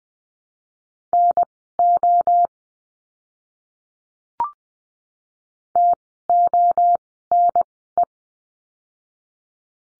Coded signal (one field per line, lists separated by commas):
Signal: Morse code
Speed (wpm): 20 wpm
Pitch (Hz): 700 Hz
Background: none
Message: NO TONE